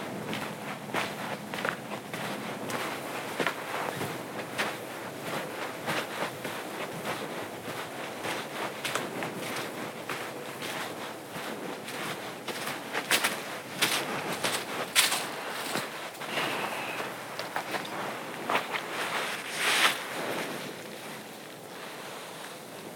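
Footsteps crunch steadily along the Appleton Trail on a pitch-black night, a dense run of sharp, bright scuffs and crackles with no pause. A low hum sits under the first few seconds, and the steps grow louder and sharper around the middle before easing toward the end.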